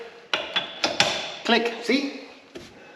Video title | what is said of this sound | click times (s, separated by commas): 73' VW Super Beetle Barn Find! Sitting 17 Years! | did you hear the click that was the torque scrunch setting on the old DeWalt click | 0.3 s